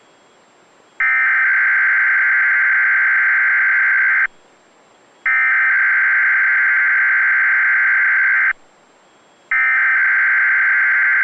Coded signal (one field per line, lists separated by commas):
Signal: Emergency Alert System (SAME) tones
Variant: header bursts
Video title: Weatheradio Canada (XLM538) - Required Weekly Test (EAS #202)